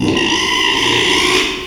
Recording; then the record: squeal of a Yucatan mini pig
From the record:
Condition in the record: after surgery on the right vocal fold (resection and tissue-engineered implant); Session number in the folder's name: 1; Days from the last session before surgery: 6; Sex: male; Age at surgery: 12 weeks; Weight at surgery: 13 kg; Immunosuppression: cyclosporine, prednisolone